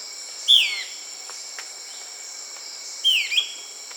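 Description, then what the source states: Euler's flycatcher call: two short, slurred notes dropping in pitch, about two and a half seconds apart, over a steady high insect drone. South America.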